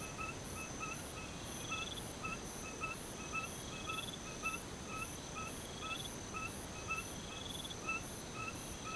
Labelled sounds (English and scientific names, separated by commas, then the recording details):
none
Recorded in pastures near Puerto Asís, Putumayo, Colombia, on 21 March 2025 at 04:00
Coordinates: 0.486, -76.323
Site G075